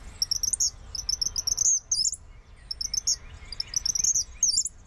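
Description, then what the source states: Chipmunk chip trill: quick, high chipping notes in several short bursts, repeated throughout. Chip trill given when a chipmunk tells another chipmunk to back off; resembles an eastern kingbird but fades rather than increasing in volume.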